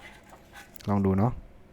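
A plastic Morakniv Kansbol knife sheath is handled at the Multi-Mount belt adapter, about to be pushed in until its locking tab engages, while someone talks briefly in the middle of the clip over faint handling noise. Nothing has seated or clicked yet.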